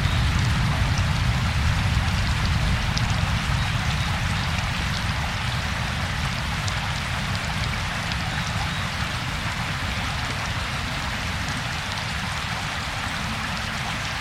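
A creek rushes steadily, a dense, unbroken wash of water with a heavy low rumble and a bright hiss above, barely changing throughout.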